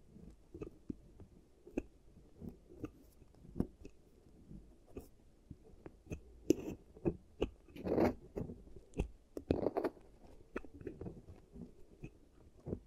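ASMR dental treatment sounds: irregular soft taps, clicks and scrapes every half second or so, with a few louder rubbing bursts around eight and ten seconds.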